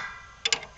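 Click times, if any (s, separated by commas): 0.5 s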